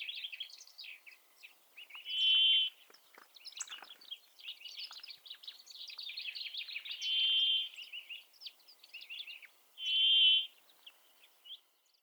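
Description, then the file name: Brambling calling three times, each a nasal, drawn-out wheeze, spaced a few seconds apart amid dense twittering. "pinson du nord"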